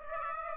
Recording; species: mosquito wingbeat signal from an infrared sensor; Aedes aegypti